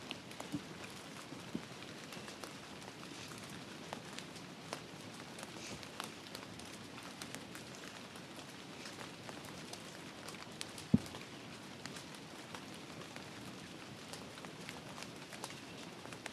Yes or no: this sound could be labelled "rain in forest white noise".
yes